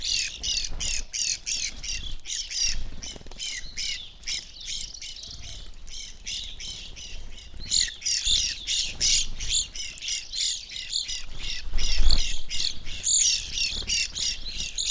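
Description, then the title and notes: Evening grosbeaks in a crowded chorus of sharp, buzzy chirps, calling continuously, with a low thump near the end. Flock feeding on sunflower seeds from a feeder hanging in a birch tree, backyard in McCloud, Siskiyou County, California; relatively warm winter morning; microphones placed on either side of the tree trunk. "I recorded this at my home in the small town of McCloud in Siskiyou County, California. It was a relatively warm winter morning, and a flock of Evening Grosbeaks was busily eating a breakfast of sunflower seeds from a feeder hanging from the branch of a birch tree in my backyard."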